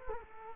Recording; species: mosquito wingbeat signal from an infrared sensor; Culex quinquefasciatus